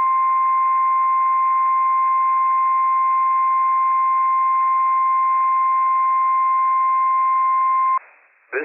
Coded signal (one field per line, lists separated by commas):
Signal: Emergency Alert System (SAME) tones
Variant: 1050 Hz attention tone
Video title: WWF56 Required Weekly Test from NWS Pendleton, Oregon - WWF56 - EAS #287 - 10:47 AM PDT 10/19/22